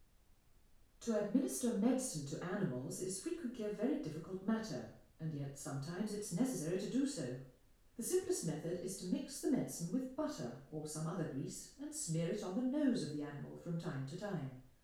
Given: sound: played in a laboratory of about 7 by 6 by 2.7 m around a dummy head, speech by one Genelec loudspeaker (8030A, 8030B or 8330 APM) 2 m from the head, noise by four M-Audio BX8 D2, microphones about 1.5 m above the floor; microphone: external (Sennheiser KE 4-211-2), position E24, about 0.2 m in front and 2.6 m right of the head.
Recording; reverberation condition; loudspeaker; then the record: female speech in English; medium; 30 degrees to the right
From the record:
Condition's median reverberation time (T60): about 510 ms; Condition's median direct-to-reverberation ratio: about -0.5 dB